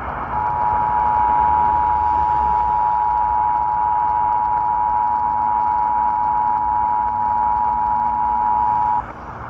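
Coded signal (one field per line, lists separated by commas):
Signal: Emergency Alert System (SAME) tones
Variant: 853 and 960 Hz attention tone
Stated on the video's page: Several NOAA Weather Radio required weekly tests and a few required monthly tests.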